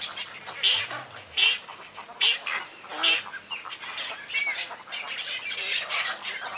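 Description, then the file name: Cattle egret harsh, grating calls repeated several times at first, then blending into a wider chorus of croaking birds. "黃頭鷺"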